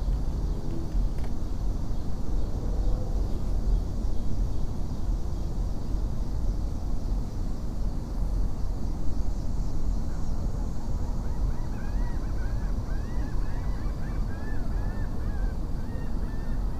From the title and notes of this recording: Sitting and thinking next to the Anacostia River near Washington, D.C.